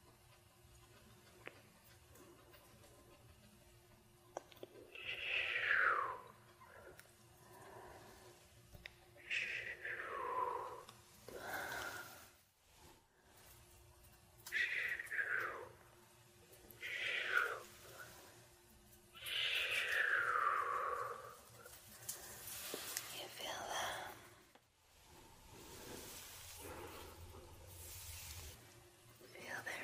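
Scalp and face massage: soft swishing strokes of hands over hair and skin, each sweep lasting a second or two, starting around five seconds and repeating every few seconds. Brief crackles and taps break in near 12, 22 and 26 seconds over a low steady hum.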